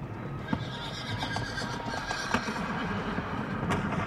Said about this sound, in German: Das ist sein Pferd, ja. Das erkenne ich.